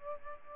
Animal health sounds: mosquito wingbeat signal from an infrared sensor; Aedes albopictus

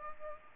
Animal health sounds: mosquito wingbeat signal from an infrared sensor; Culex pipiens

